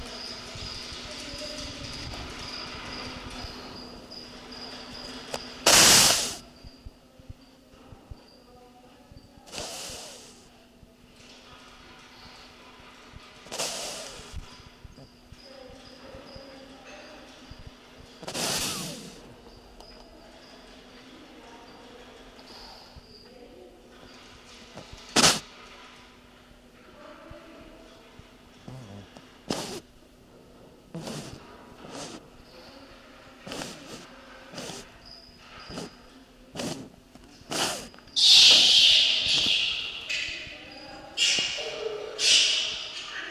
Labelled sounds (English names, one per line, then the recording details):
Short-beaked Echidna call
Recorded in captivity
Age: adult
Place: Zoo Prag, CZ
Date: 1967-09-14 12:00
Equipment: Uher 4000 Report-S, Transistorverstärker II, Sennheiser MD 421
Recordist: Tembrock, Günter